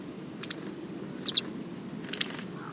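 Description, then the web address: Bird calls: three short, high chirps, each a quick double note, spaced about a second apart over a low steady background hum. "cianscape birddata Deverinetal 2025"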